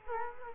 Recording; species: mosquito wingbeat signal from an infrared sensor; Culex quinquefasciatus